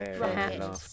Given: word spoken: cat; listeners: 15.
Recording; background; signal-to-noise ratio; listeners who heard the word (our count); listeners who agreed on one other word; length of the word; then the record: one English word in noise, from a listening test; four-talker babble; -2.9 dB; 2 of 15; 7 of 15; 0.53 s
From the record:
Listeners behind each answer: 7, 2, 1, 1, 1, 1, 1, 1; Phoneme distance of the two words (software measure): 10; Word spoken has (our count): 1 syllable, 3 phonemes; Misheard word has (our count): 1 syllable, 3 phonemes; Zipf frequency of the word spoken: 4.83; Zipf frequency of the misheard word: 4.76